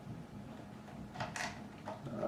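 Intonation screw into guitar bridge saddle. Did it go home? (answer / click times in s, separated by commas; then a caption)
no / none. A small intonation screw is worked into a metal bridge saddle on a PRS Mark Holcomb Signature SE guitar, with short scraping and handling sounds from the screwdriver at about 1.2, 1.4 and 1.9 seconds over a low steady hum. The screw is not going in right and feels cross-threaded, and nothing has seated or clicked into place yet.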